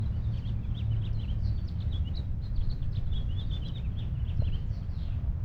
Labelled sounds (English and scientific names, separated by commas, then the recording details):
House Finch (Haemorhous mexicanus) song
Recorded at Lynbrook on Long Island, New York, on 17 June 1975
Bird D